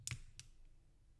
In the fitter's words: Push that in with a hopefully satisfying click for you guys.